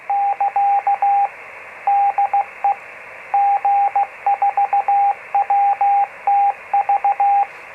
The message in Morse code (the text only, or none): <KA> DE G4WTV